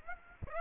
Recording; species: mosquito wingbeat signal from an infrared sensor; Aedes aegypti